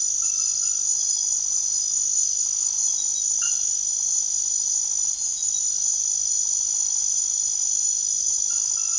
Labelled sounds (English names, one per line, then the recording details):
none
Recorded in secondary vegetation near Puerto Asís, Putumayo, Colombia, on 9 March 2025 at 23:00
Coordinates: 0.489, -76.322
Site G042